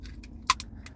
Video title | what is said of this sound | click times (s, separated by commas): An integrated downlight you can change the lamp in, or is it? | nice little click and then that is the that's the down light that's it there | 0.5 s